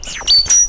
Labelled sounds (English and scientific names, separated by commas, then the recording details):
Stitchbird (Notiomystis cincta) song
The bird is a male
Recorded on Tiritiri Matangi Island, New Zealand, in 2005
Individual 1, of nest box 1